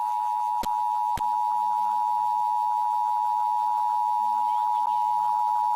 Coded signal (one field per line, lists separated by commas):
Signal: Emergency Alert System (SAME) tones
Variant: 853 and 960 Hz attention tone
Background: speech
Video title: Week of 2026-04-19 EAS Capture 793-799 RMT RWT